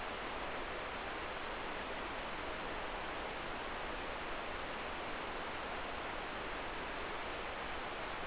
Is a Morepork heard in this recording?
no